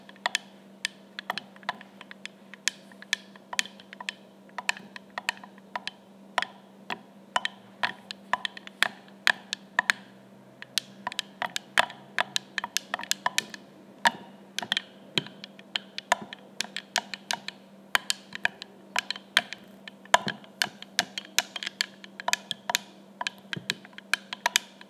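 A plastic spoon stirs coconut milk in a glass jar, making a quick, uneven run of sharp little clicks and taps against the glass, several each second, with no pauses. A low, steady hum sits underneath throughout.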